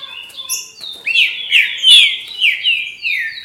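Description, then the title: Green-winged saltator giving a rich run of sliding, descending whistles that blend into a continuous phrase. "Trinca Ferro"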